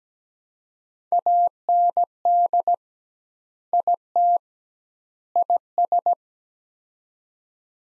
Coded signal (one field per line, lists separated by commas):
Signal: Morse code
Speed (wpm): 17 wpm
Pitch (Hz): 700 Hz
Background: none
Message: AND IT IS